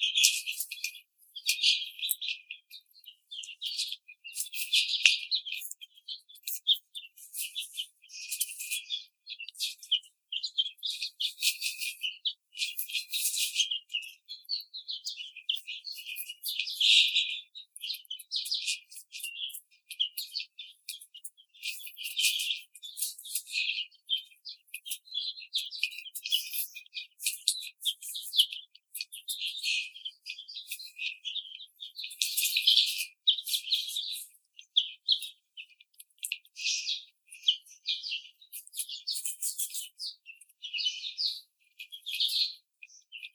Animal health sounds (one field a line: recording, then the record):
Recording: young laying hens in a cage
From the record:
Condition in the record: treatment cage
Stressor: simulated dog barking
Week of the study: 5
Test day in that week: 1